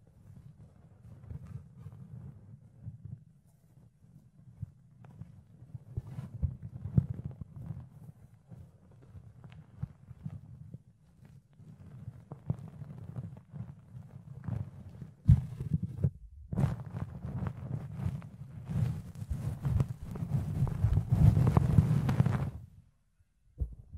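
Ear cleaning and picking produces muffled low rubbing and scratching that builds, with brighter, harsher scraping bursts from about 15 to 23 seconds.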